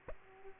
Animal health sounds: mosquito wingbeat signal from an infrared sensor; Aedes aegypti

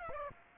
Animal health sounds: mosquito wingbeat signal from an infrared sensor; Aedes aegypti

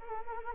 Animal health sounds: mosquito wingbeat signal from an infrared sensor; Anopheles arabiensis

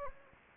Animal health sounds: mosquito wingbeat signal from an infrared sensor; Anopheles gambiae

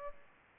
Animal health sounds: mosquito wingbeat signal from an infrared sensor; Aedes aegypti

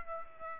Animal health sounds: mosquito wingbeat signal from an infrared sensor; Aedes aegypti

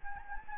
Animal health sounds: mosquito wingbeat signal from an infrared sensor; Anopheles gambiae

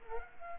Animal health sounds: mosquito wingbeat signal from an infrared sensor; Culex quinquefasciatus

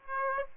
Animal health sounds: mosquito wingbeat signal from an infrared sensor; Aedes aegypti

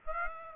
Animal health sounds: mosquito wingbeat signal from an infrared sensor; Aedes aegypti

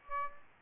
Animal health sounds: mosquito wingbeat signal from an infrared sensor; Aedes aegypti

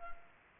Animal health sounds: mosquito wingbeat signal from an infrared sensor; Anopheles arabiensis

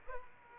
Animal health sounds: mosquito wingbeat signal from an infrared sensor; Aedes aegypti

